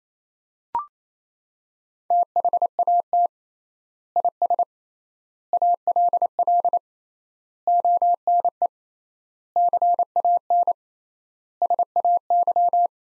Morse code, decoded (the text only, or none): THAT IS ALL ONE CAN SAY